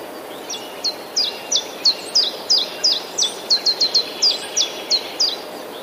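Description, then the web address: Common chiffchaff delivering a sustained, regular string of high, sharply falling notes, roughly three per second, against soft background noise. Recorded 11 April 2019. "wroblowe kontra pierwiosnek 11 04 2019"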